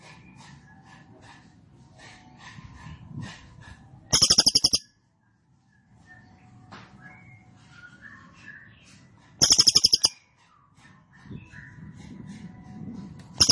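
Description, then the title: Cililin singing short, rapid high-pitched rattling trills roughly every five seconds, with background noise between bursts. Cililin song recorded for training caged birds; the bird is described as singing energetically in a non-stop 'trorol' trilling style. "Cililin AMPUH. Cililin Trorol Konslet Gacor Banget"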